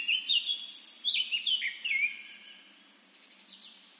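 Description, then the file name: Eurasian blackcap song: a rich, fast warbling phrase of varied whistled and scratchy notes lasting about two seconds, then fading to quiet background with faint chirps. "Sylvia atricapilla"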